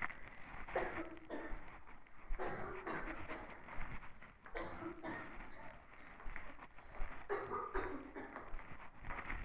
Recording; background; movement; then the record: deep breathing; a bystander coughing; walking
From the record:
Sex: female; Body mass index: 18.3 kg/m2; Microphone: on the chest, facing the body